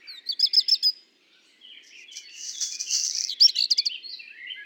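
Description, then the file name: Black redstart singing a fast series of high repeated notes, a pause, then a hissing crackle that ends in more clipped notes. At Le Puech on 5 June 2021. "chant de rougequeue noir de merle noir Le Puech"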